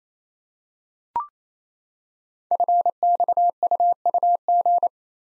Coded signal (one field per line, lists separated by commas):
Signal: Morse code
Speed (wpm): 27 wpm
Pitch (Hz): 700 Hz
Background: none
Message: FXUUG